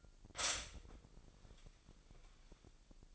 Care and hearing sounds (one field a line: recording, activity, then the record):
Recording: daily activity, microphone in the room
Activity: stop toaster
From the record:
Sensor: 5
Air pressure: 1002.1 hPa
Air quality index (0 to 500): 208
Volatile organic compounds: 20 ppm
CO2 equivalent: 2690 ppm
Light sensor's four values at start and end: 33/108/41/44 and 33/108/41/43